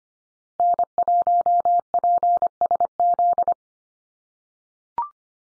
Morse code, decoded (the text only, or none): N1PSZ